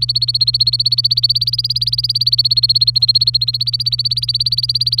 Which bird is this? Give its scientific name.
Serinus canaria